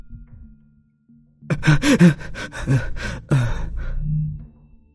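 A woman being strangled gasps and chokes in a series of ragged, strained breaths, several short convulsive catches followed by a longer rasping exhale, loud against a low background hum with no talking.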